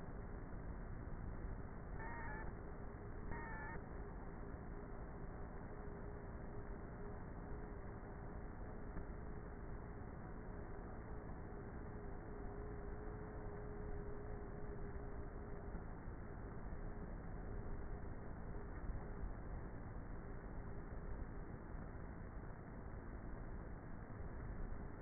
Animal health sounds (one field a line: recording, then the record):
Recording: honeybee colony, microphone inside the hive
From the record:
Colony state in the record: queenless with a low population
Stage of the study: before two queens were removed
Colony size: about 30,000 bees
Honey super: no